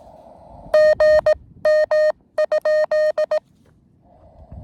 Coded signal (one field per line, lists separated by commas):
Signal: Morse code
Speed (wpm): 18 wpm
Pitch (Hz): 620 Hz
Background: none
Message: GM?